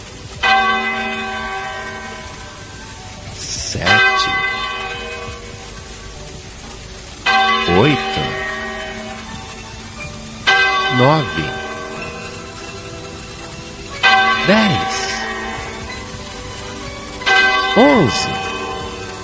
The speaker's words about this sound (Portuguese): E quando o ponteiro daquele relógio da torre da igreja deu meia-noite, começou a tocar. E automaticamente, a mente daqueles homens foi contando as badaladas. Deveria bater 12 vezes.